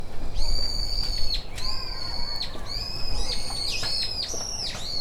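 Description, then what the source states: Birds calling with steady, piercing whistles, several overlapping, some bending up or down at the ends, over a faint lower whistle and continuous low hum. Recorded with a Portacapture X6 recorder.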